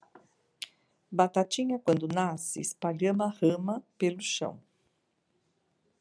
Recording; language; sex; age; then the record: short text; Brazilian Portuguese; female; 60 to 69 years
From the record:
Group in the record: control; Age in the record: 64 years